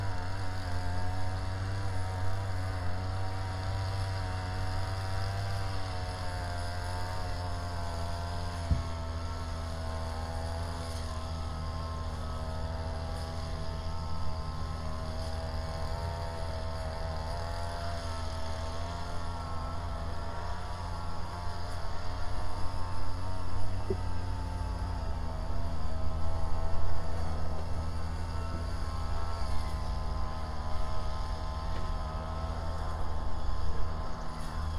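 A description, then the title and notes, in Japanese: A grass trimmer drones on steadily, its engine holding a wavering buzzing tone with a deep low rumble underneath. Toward the end, from about twenty seconds on, the sound grows a little louder and rougher, as if a tiller's engine joins in. 草刈機でひたすら草刈り。少し日のかげりはじめる15時すぎから草刈機で草刈り。サツマイモの畝の間を行ったり来たりしながら、ツルを切らないよううに慎重に刈っていきます。途中から旦那さんも隣の畑のネギの中耕に耕運機でやって来ましたか。農村の機械音の風景です。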